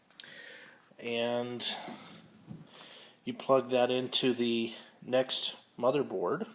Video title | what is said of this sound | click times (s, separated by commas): Dual NeXT Cube Dimension with 9 gb and flatpanels | the 80 pin scuzzy to 50 pin and it snaps in place on the end of the drive | 0.2 s